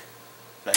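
A torque wrench tightening the castle nut on an outer tie rod end stud clicks at its set torque at 0.7 seconds. The click is short and sharp, following a quiet stretch of low hum and faint noise, and it signals the nut has reached the set torque.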